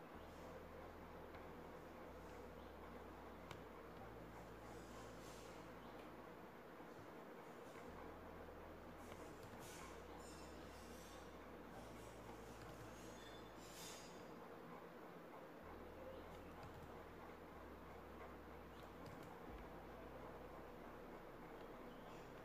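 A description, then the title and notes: Cozy home ambience with a steady, dense rumbling bed like a train's roll. A low hum pulses in blocks every couple of seconds, briefly dropping out near 7, 12, 15 and 19 seconds, while faint hissing swishes flicker between about 4 and 14 seconds. Cozy home ambience.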